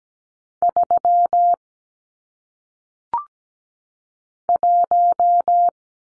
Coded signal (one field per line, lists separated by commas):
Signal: Morse code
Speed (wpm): 17 wpm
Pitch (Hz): 700 Hz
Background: none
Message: 3 1